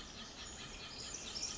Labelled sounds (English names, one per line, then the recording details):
Pacific Wren
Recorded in Sonoma County, California